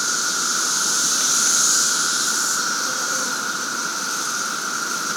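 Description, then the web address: Chorus of periodical cicadas, a constant steady whine with a high sizzling layer that peaks early and then settles to an even level. 17-year cicadas recorded in a capital city in 2024. "The Psychologically Ultimate 220 Year Cicada Bloom. 17 Year Capital City Cicadas"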